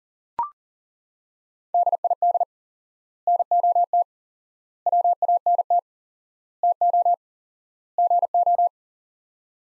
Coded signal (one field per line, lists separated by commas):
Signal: Morse code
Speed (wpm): 37 wpm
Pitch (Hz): 700 Hz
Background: none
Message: DID NOT WANT TO GO